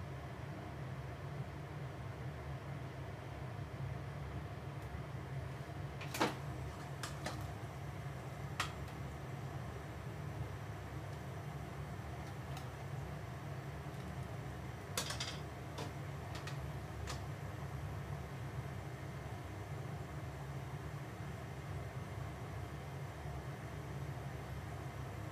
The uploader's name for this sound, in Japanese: 料理の音